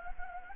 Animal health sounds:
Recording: mosquito wingbeat signal from an infrared sensor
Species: Anopheles gambiae

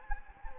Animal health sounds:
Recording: mosquito wingbeat signal from an infrared sensor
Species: Anopheles gambiae

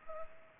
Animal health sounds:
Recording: mosquito wingbeat signal from an infrared sensor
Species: Culex pipiens

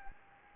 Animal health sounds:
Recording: mosquito wingbeat signal from an infrared sensor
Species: Anopheles gambiae

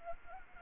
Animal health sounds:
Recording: mosquito wingbeat signal from an infrared sensor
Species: Anopheles gambiae

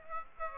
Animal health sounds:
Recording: mosquito wingbeat signal from an infrared sensor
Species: Aedes aegypti

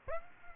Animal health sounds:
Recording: mosquito wingbeat signal from an infrared sensor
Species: Aedes aegypti

